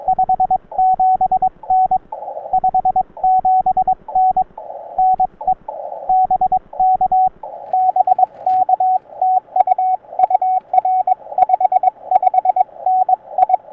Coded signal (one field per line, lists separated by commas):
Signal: Morse code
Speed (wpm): 22 wpm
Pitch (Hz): 750 Hz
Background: radio noise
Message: 57N 57N NE BK BK TU UR 55N I